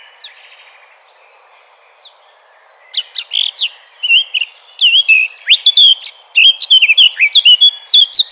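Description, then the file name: Eurasian blackcap song: faint chirps at first, then a loud warble of varied notes ending in clear, ringing whistles. "Sylvia atricapilla"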